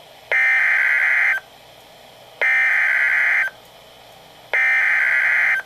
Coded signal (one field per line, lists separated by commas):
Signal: Emergency Alert System (SAME) tones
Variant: header bursts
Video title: Severe Thunderstorm Warnings [EAS 482-483 || 2x Header] | NOAA Weather Radio (8/3/2012)